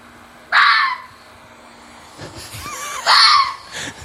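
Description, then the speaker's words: Red fox screaming, two harsh hoarse yells about two and a half seconds apart, with faint quieter calls and background hum between them. Played as an example of how a red fox sounds. "vi kan spille et lite klipp her, bare for å fortelle dere alle hvordan en, i hvert fall en rødrev høres ut."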